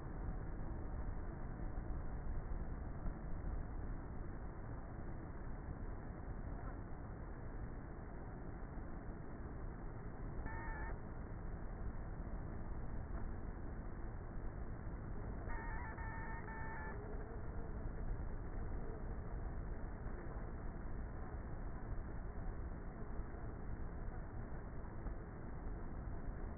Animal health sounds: honeybee colony, microphone inside the hive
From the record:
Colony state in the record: queenless with a low population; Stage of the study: before two queens were removed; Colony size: about 30,000 bees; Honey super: no

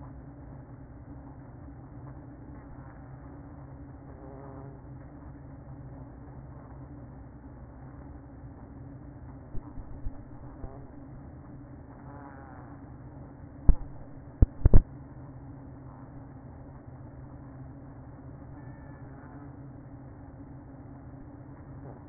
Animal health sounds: honeybee colony, microphone inside the hive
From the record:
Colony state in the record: queen present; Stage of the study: after two queens were removed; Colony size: about 60,000 bees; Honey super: yes

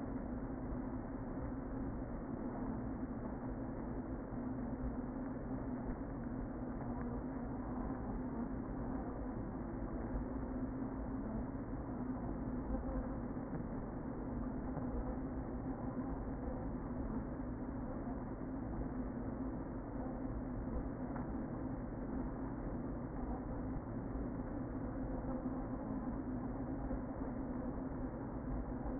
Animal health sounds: honeybee colony, microphone inside the hive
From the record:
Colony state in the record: queen present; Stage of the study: before two queens were removed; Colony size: about 60,000 bees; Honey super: yes

